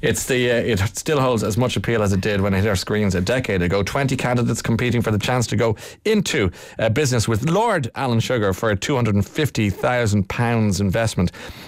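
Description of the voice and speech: An adult male radio host speaks fluently on air in a low, steady pitch at a brisk broadcast pace, with only brief pauses between phrases. Articulation is clear, with no repeats, blocks or slurring, and the voice quality is ordinary. This is typical adult speech.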